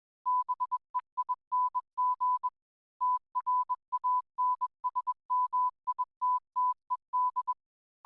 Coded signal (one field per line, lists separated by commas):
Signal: Morse code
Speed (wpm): 21 wpm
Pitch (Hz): 1000 Hz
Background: none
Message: BEING TRANSMITTED